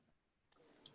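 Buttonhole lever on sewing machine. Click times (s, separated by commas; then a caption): 0.9 s. The buttonhole lever on a sewing machine is brought down and pushed back until it clicks into place. A faint low rustle and a soft tap at about 0.5 s come before a sharp, bright click at 0.9 s, which shows the lever has seated.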